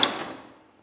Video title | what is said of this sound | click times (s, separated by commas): Garage Door Opener Troubleshooting and Repair - How to fix common problems | till it clicks now you see this is horizontal went up and clicked | 0.0 s